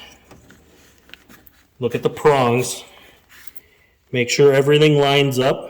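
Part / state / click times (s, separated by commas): wiring harness connector for door latch / not seated / none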